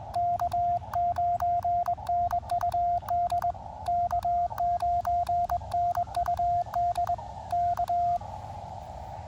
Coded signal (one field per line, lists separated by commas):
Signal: Morse code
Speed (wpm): 20 wpm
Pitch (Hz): 700 Hz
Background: radio noise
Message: K9NUD K9NUD K